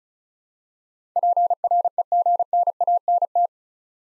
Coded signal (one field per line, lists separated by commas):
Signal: Morse code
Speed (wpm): 36 wpm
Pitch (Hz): 700 Hz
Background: none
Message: PREGNANT